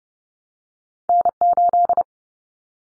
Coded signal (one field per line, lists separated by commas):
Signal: Morse code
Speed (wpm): 30 wpm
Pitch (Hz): 700 Hz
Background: none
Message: N8